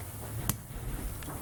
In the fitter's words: we hear a satisfying click and